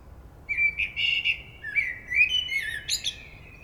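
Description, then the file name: Common blackbird song phrase: clear whistled notes gliding through a melodious warble, closing with a rapid, high-pitched squeaky flourish. "Turdus merula"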